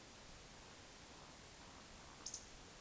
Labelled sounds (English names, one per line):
Eurasian Woodcock whistle
Eurasian Woodcock croak